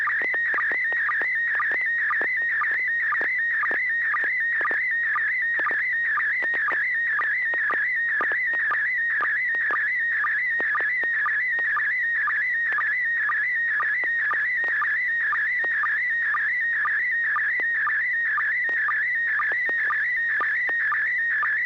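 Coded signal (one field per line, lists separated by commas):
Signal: SSTV (slow-scan television)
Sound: warbling, wavering tone with a short lower blip about twice a second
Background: low hum, occasional clicks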